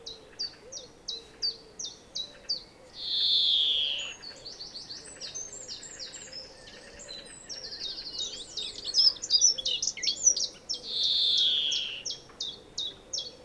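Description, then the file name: European greenfinch repeating short high notes, two long buzzy wheezes and a busy twittering passage. "Chloris chloris"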